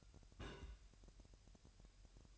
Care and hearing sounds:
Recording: daily activity, microphone in the room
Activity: place on stove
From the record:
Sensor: 2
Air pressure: 1001.8 hPa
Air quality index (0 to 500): 239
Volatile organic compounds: 31 ppm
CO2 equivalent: 2971 ppm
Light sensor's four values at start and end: 4/10/4/4 and 4/10/4/4

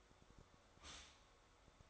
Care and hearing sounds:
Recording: daily activity, microphone in the room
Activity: stop toaster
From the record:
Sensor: 3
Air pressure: 1014.7 hPa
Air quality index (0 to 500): 192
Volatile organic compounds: 22 ppm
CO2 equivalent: 2750 ppm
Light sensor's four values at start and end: 4/11/4/4 and 4/11/4/4

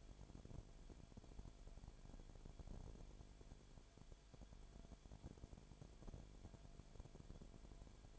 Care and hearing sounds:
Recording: daily activity, microphone in the room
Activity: no activity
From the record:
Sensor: 5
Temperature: 19.9 degrees Celsius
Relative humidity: 35.6%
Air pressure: 1003.4 hPa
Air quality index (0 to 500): 56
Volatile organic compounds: 1 ppm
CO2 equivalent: 634 ppm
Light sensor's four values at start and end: 2/3/1/1 and 2/3/1/1

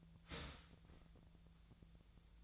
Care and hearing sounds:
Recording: daily activity, microphone in the room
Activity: start toaster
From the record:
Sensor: 3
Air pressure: 1009.3 hPa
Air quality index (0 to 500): 199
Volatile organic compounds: 17 ppm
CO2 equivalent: 2573 ppm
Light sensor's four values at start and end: 31/79/33/35 and 31/79/33/35

